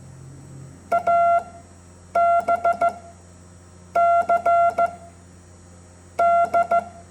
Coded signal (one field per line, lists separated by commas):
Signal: Morse code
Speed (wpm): 14 wpm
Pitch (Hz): 690 Hz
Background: none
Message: ABCD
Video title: Morse Code English Alphabet